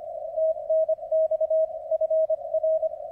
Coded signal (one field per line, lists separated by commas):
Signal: Morse code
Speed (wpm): 26 wpm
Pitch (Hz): 640 Hz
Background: none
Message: TNX FR